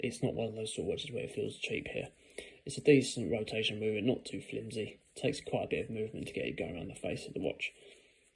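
Someone talks throughout while handling a Rotary Regent Oak Automatic watch, turning its crown before pushing it back down into the closed position on the steel case. Nothing has seated or clicked into place yet.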